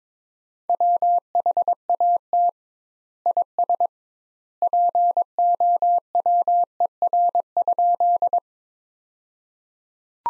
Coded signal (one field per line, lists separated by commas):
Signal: Morse code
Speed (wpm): 22 wpm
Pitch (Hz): 700 Hz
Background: none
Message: WHAT IS POWER?